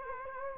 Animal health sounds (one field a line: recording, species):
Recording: mosquito wingbeat signal from an infrared sensor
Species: Culex quinquefasciatus